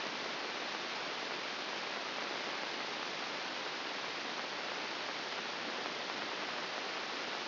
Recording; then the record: brain microelectrode recording played as sound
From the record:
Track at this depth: inside the subthalamic nucleus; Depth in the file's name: 4.398 mm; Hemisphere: left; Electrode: 2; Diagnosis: Parkinson's disease